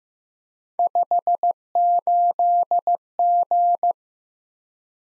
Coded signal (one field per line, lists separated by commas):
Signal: Morse code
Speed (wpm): 15 wpm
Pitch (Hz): 700 Hz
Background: none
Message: 58G